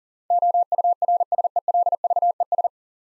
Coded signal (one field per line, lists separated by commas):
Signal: Morse code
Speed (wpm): 38 wpm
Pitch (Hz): 700 Hz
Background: none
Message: OURSELVES